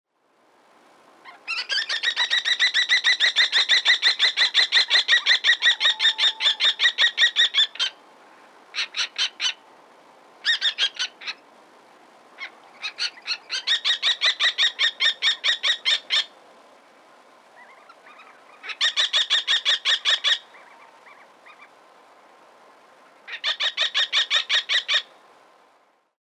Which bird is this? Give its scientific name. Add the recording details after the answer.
Falco tinnunculus. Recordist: Tembrock, Günter. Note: Rufreihen